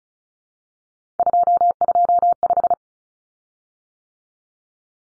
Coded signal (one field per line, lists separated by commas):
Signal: Morse code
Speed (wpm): 34 wpm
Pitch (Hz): 700 Hz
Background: none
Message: 225